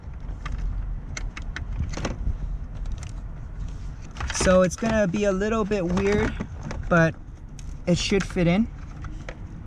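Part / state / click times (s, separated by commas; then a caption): wiring harness connector into the head unit or adapter socket / not seated / none. A wiring harness connector is handled near its mating socket on a 12.1-inch vertical-screen aftermarket head unit being installed in the dash of a 2014–2018 Chevy Silverado / GMC Sierra pickup. Sharp plastic ticks and rattles sound while someone talks. The clip ends before the connector goes home, and nothing has seated or clicked yet.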